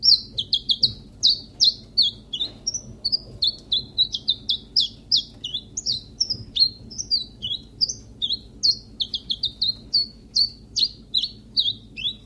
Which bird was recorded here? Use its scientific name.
Phylloscopus collybita